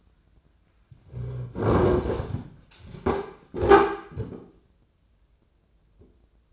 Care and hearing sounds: daily activity, microphone in the room; sit down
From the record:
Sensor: 2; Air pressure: 995.8 hPa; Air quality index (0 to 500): 243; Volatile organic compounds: 1000 ppm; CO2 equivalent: 6000 ppm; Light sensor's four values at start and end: 25/58/26/29 and 27/65/29/32

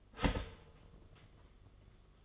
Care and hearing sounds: daily activity, microphone in the room; start toaster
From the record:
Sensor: 4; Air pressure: 1015.5 hPa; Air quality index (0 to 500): 199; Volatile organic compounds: 10 ppm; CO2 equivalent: 2225 ppm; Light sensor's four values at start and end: 4/8/3/2 and 4/9/3/3

